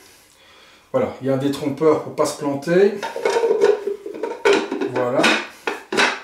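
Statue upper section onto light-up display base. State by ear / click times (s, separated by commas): seated / 5.7 s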